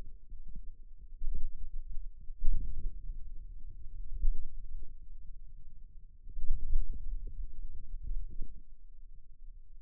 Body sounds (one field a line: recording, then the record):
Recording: forearm muscle sounds (acoustic myography)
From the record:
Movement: wrist extension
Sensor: system 2, bracelet of six BSWA MPA416 microphones around the upper forearm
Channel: 6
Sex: male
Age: 22 years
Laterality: right